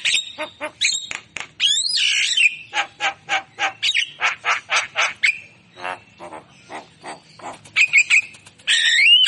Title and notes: Pancingan Jalak Kebo Bisu. Kicau Jalak Kebo